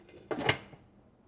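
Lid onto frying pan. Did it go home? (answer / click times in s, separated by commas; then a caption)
yes / 0.3 s, 0.5 s. A lid is fitted onto a frying pan and turned or pressed until it locks into place. A faint sound begins, then two sharp clicks come at 0.3 s and 0.5 s, the second brighter and louder, before the sound fades to quiet. The lid is seated and locked on the pan.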